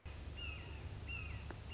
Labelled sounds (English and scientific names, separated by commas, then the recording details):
Red-shouldered Hawk (Buteo lineatus)
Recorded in Sonoma County, California